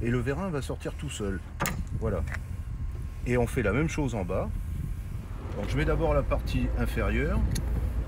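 On a Tesla Model 3, the lower end of an electric frunk strut is being handled toward the ball-joint stud on the car body, with the socket clip meant to snap over the ball. Someone talks throughout over low background rumble and a few faint handling noises. Nothing has seated or clicked yet.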